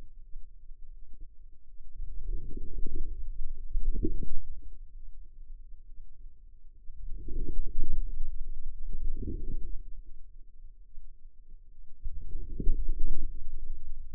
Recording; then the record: forearm muscle sounds (acoustic myography)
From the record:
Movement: outward rotation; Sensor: system 2, bracelet of six BSWA MPA416 microphones around the upper forearm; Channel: 2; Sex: female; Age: 25 years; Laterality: right